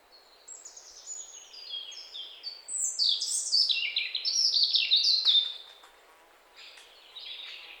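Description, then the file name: European robin delivers a long, varied phrase of high descending whistles and quick tinkling notes, then a short pause and a softer closing fragment. "Erithacus rubecula"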